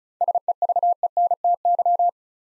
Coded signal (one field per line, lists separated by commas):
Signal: Morse code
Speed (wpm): 36 wpm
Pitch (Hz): 700 Hz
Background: none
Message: SEVENTY